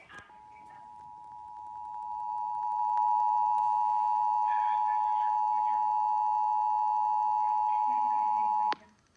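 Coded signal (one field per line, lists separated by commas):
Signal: Emergency Alert System (SAME) tones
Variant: 853 and 960 Hz attention tone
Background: speech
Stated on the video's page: Required Monthly Test received live from Seattle-area FM stations on 88.5 and 98.9 and NOAA Weather Radio on 162.425 MHz.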